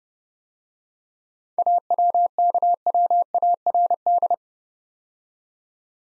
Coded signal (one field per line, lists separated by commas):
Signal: Morse code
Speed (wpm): 30 wpm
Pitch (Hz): 700 Hz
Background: none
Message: AWKWARD